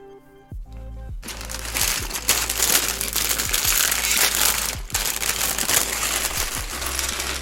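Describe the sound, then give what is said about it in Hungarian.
The fourth and last plastic parts bag of a toy building set crinkles and crackles loudly and steadily for several seconds as it is pulled open, with a faint low hum underneath. “És akkor jön a négyes, egyben utolsó zacskó.”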